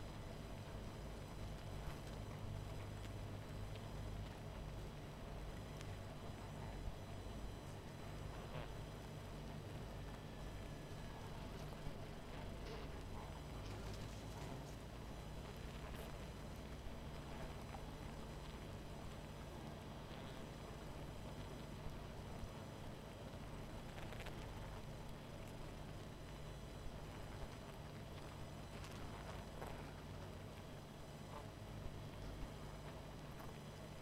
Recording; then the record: honeybee colony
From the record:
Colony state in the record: missing queen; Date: 14 July 2017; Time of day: 20:43